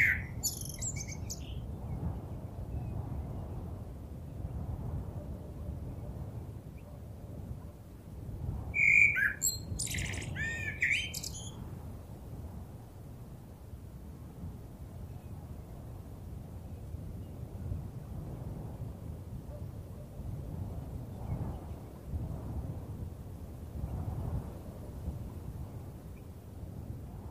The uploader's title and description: Blackbird Singing on a Windy Evening. Birds chirping and singing on a very windy evening